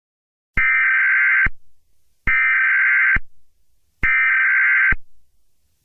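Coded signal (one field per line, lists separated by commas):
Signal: Emergency Alert System (SAME) tones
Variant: header bursts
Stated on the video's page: Fictional EAS scenario.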